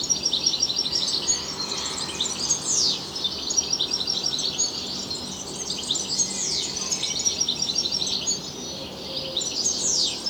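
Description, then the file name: European goldfinch song, fast liquid twittering with a few down-slurred notes, lively throughout. "Carduelis carduelis"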